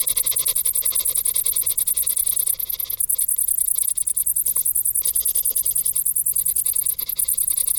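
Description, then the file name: Crickets chirping in a high, fast pulsing chorus that continues throughout with slight variations in loudness. "Grillen"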